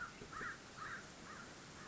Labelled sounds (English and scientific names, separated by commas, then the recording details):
American Crow (Corvus brachyrhynchos)
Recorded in Sonoma County, California